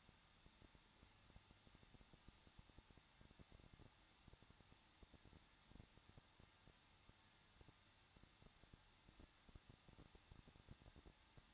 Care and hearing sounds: daily activity, microphone in the room; no activity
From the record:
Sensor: 3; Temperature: 21.2 degrees Celsius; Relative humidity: 36.3%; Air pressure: 1006.3 hPa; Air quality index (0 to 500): 222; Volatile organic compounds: 41 ppm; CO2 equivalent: 3171 ppm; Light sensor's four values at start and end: 2/3/2/2 and 2/3/2/2

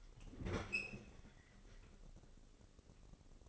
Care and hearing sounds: daily activity, microphone in the room; open fridge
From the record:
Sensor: 4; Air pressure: 996.1 hPa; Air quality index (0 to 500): 65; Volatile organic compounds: 2 ppm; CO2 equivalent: 1170 ppm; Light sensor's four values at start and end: 16/43/16/18 and 14/38/14/17

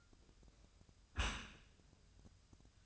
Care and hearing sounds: daily activity, microphone in the room; close dishwasher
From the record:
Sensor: 2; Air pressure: 1004.5 hPa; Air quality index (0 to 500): 109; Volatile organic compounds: 3 ppm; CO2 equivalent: 1324 ppm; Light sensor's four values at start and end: 6/15/6/6 and 6/15/6/6

